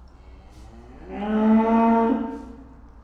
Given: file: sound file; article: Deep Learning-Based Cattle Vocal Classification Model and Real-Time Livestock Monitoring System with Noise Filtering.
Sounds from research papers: cattle; estrus call

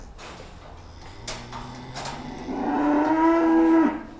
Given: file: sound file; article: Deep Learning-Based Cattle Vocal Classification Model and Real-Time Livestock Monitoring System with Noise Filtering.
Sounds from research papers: cattle; food anticipating call

